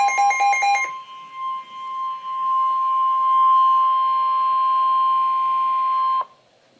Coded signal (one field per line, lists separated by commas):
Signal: Emergency Alert System (SAME) tones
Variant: 1050 Hz attention tone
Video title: Severe Thunderstorm Warning - EAS #165